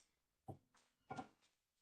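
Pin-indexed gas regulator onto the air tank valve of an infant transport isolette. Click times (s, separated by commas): 1.1 s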